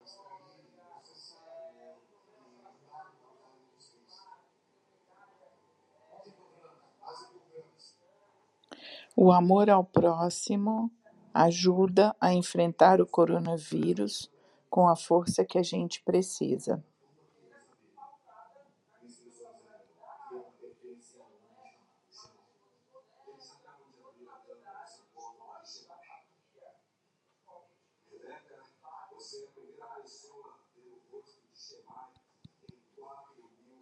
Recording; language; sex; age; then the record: spoken sentence; Brazilian Portuguese; female; 60 to 69 years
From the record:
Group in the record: control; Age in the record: 64 years